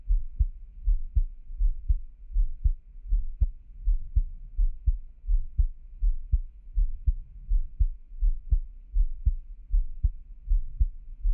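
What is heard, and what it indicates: Soft, low, paired thumps repeat in a steady rhythm at about 80 beats a minute. This is an adult's heartbeat, recorded close up, with no talking or other noise.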